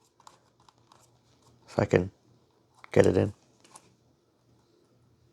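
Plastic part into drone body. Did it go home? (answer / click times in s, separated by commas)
no / none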